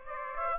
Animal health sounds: mosquito wingbeat signal from an infrared sensor; Aedes aegypti

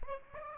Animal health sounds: mosquito wingbeat signal from an infrared sensor; Aedes aegypti

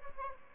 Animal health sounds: mosquito wingbeat signal from an infrared sensor; Aedes albopictus

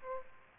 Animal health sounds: mosquito wingbeat signal from an infrared sensor; Aedes aegypti

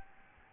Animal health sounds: mosquito wingbeat signal from an infrared sensor; Aedes albopictus

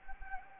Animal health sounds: mosquito wingbeat signal from an infrared sensor; Anopheles gambiae

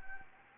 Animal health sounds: mosquito wingbeat signal from an infrared sensor; Anopheles gambiae

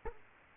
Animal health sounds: mosquito wingbeat signal from an infrared sensor; Culex quinquefasciatus

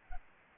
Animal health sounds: mosquito wingbeat signal from an infrared sensor; Aedes albopictus

